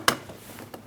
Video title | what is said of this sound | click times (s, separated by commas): How to Replace Mirrors 2003-2007 Cadillac CTS | There we go. Just listen for an audible click from that on the upper corner. | 0.1 s